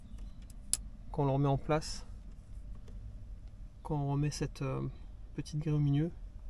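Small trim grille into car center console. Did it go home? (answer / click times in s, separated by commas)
no / none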